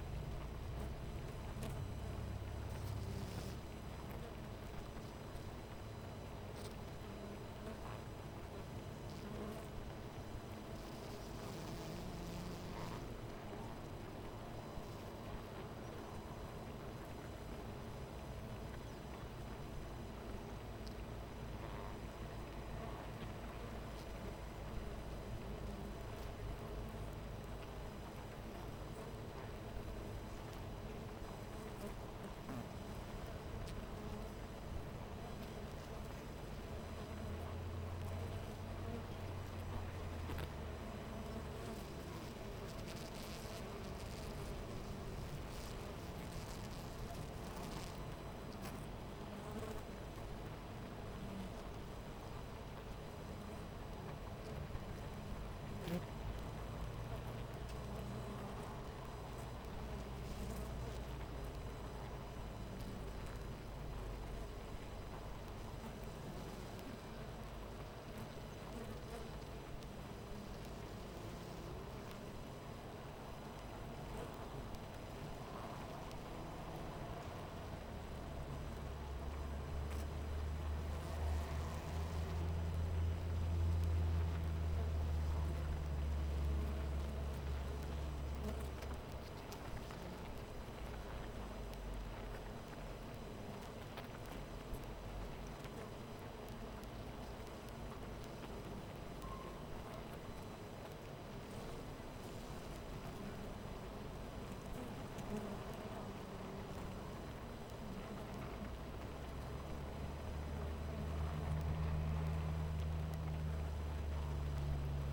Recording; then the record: honeybee colony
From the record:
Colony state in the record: missing queen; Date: 14 July 2017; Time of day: 12:53